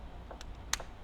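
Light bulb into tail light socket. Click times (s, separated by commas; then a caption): 0.7 s. A new wedge bulb is pushed straight into the tail light socket of a 2008-2012 Ford Escape, with faint soft taps before it. It clicks into place at 0.7 s with a sharp, bright click, and the bulb is seated.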